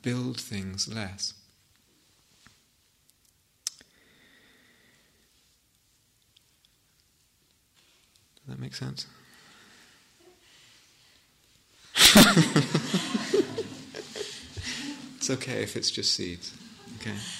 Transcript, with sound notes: build things less. Does that make sense? [laughter] It's okay if it's just seeds, okay?